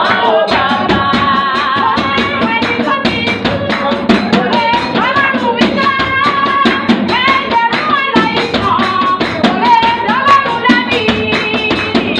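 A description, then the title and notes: African drumming with clapping and bell, a dense, steady groove that holds one level for the whole twelve seconds. Quick, regular sharp strikes pack the rhythm, while ringing bright tones and sliding pitched notes weave over the top throughout. Praising God the Christ Apostolic Church way! We had this worker's praise meeting after work and it was all about clapping and bell and the African drumming way!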